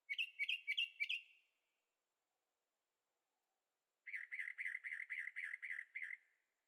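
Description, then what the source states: Bird song: two bursts of rapid, repeated chirpy notes, a short quick series then a longer even run of about ten notes, with silence between. Birds singing at night in Carefree, Arizona; recorded in stereo with a Zoom H6.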